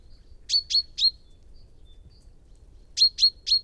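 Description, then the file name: Common chaffinch calls: short sharp high chips in a group of three, a pause, then another three-note burst; quiet background. "Fringilla coelebs"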